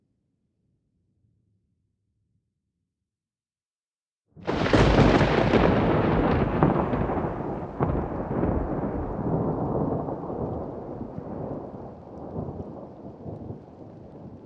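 After four seconds of near silence, a sudden close thunderclap over the sea cracks loudly, then rumbles and slowly fades over ten seconds.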